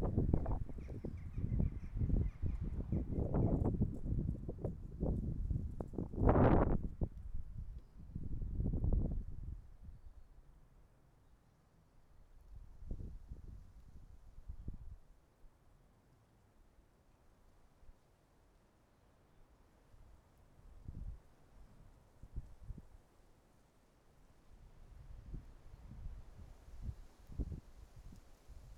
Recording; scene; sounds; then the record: everyday scene through a hearing-aid microphone; wind on the microphone; wind, traffic, birds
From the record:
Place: suburban garden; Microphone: behind the ear, right, front